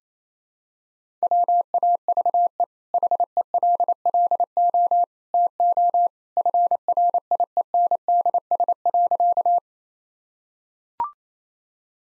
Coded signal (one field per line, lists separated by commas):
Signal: Morse code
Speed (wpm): 28 wpm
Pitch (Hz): 700 Hz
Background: none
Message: WAVE HELLO TO FRIENDS.